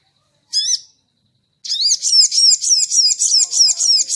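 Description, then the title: Crimson sunbird song: one sharp high chip, a pause, then a fast run of bright high notes. Training recording (masteran) for cage birds; "labaik" song variant. "Masteran Burung Sogok Ontong Labaik"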